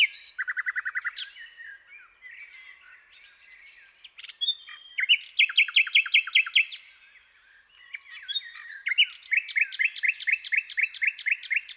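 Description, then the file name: Common nightingale singing: a rapid repeated pulse series opens, followed by quiet varied notes, a burst of sharp descending chips, and another fast repeated trill. "Luscinia megarhynchos"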